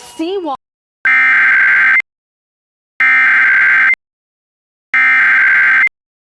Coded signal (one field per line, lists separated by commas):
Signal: Emergency Alert System (SAME) tones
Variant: header bursts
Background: speech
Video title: EAS Recreation (7/29/25): 2025 Hawaii Tsunami Warning (CDW)